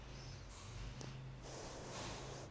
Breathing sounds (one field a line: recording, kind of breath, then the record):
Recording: one breath in and out by a microphone near the nose and mouth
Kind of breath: deep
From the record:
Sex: female